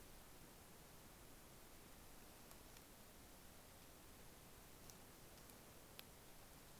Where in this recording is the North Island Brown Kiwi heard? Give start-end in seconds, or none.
none